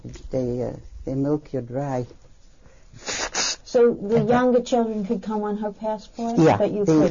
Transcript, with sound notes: They milk you dry. (blows nose)
So the younger children could come on her passport, but you couldn't.